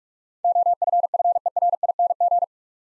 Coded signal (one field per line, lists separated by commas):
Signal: Morse code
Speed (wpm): 44 wpm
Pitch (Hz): 700 Hz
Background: none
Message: OFFERING